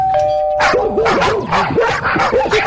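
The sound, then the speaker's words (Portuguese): A two-tone doorbell chime rings out, quickly followed by a dog barking and yapping repeatedly in rapid, excited bursts that continue loudly to the end. “Aquele que quando a gente toca a campainha, ele sai correndo?”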